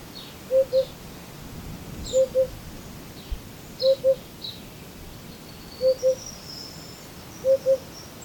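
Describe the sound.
Eurasian hoopoe calls, soft low hooted pairs 'oop-oop' repeated roughly every one and a half to two seconds, over a steady hiss with faint higher bird notes behind.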